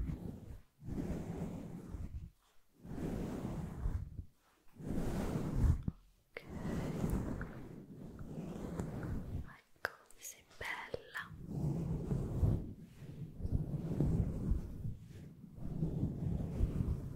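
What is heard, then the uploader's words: Muffled scalp massage with fingers rubbing through hair in dense rumbling strokes, separated by brief pauses, and crisper crackles around the middle. Scalp Massage.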